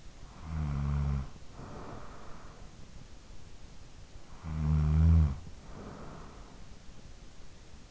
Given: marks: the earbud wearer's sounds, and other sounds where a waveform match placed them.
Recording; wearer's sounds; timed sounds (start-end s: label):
sounds in sleep by an in-ear microphone; snoring breath
0.00-3.14 s: snoring breath
3.81-7.36 s: snoring breath